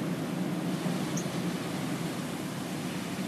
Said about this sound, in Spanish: También se escucha el sonido del mar y tiene una pequeña puerta pasillo.